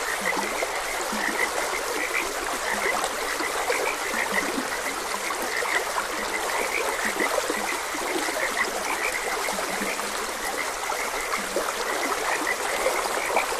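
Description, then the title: Frog chorus of rapid high chirps with low croaks now and then, beneath an even wash of running water. Frogs croaking beside a gentle stream. "Gentle Stream and Frogs Croaking"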